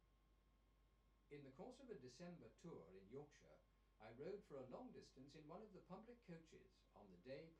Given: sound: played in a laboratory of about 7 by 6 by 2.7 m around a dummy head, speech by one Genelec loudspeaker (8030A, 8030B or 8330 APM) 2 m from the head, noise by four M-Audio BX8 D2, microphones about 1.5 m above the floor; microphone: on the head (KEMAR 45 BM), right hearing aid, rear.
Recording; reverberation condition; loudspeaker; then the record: male speech in English; low; 30 degrees to the left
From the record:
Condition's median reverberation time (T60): about 310 ms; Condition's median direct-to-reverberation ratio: about 3.5 dB